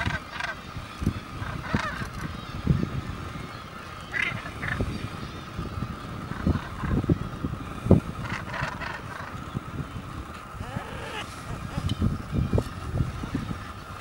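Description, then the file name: Northern gannet harsh, grating calls in short bursts, irregularly spaced, against a steady hum and noisy background. "Morus bassanus"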